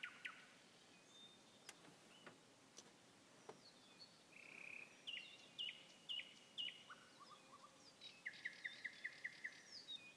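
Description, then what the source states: Nightingale song: a short buzz, then evenly spaced loud notes, a low stuttering run and a fast closing series of sharp repeated notes, with faint clicks. Nightingale song recorded on 21 May 2016.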